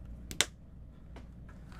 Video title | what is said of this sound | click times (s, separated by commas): Best And Worst Cases For Samsung Galaxy Z Flip 6 | Snaps in place. | 0.3 s, 0.4 s